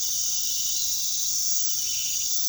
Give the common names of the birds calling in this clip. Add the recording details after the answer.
none. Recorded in pastures near Puerto Asís, Putumayo, Colombia, on 20 February 2024 at 01:30. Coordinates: 0.468, -76.328. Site G6414